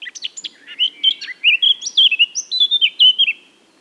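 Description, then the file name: Eurasian blackcap delivering a short, loud, fluty song of rich whistled notes rising and falling rapidly, with no other sounds. "Sylvia atricapilla"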